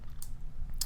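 The edge of a Poetic Revolution plastic and rubber protective case is pressed onto a Moto G4/G4 Plus smartphone and double-snapped to make sure it is seated. Two sharp snaps ring out at 0.2 s and 0.8 s, the second much louder, against low background rumble. The case edge is seated.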